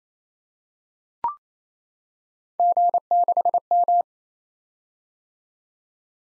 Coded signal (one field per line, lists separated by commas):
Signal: Morse code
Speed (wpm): 29 wpm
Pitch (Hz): 700 Hz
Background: none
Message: G6M